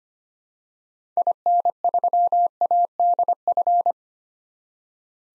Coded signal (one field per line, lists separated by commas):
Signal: Morse code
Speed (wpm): 25 wpm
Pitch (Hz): 700 Hz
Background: none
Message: IN3ADF